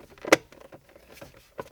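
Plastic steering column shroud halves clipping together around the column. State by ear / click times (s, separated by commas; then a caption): seated / 0.3 s. Plastic steering column shroud halves on a Mitsubishi ZH Outlander are pressed together around the column until the trim clips engage. A sharp, bright click at 0.3 s marks the shroud seating in place, followed by faint handling noises and a softer tap near 1.6 s.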